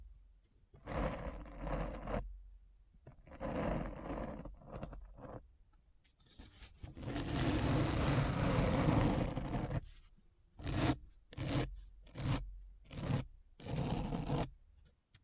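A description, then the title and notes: Deep scratching sounds in separate rough strokes, a longer dense scrape around the middle, then short quick bursts with brief silences between them. ASMR Deep Brain Scratch (No Talking).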